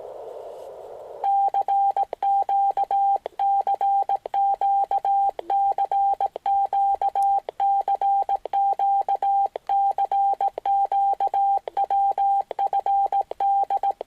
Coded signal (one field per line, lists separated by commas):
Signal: Morse code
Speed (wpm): 17 wpm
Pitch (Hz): 790 Hz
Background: radio noise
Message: CQ CQ CQ CQ CQ WFD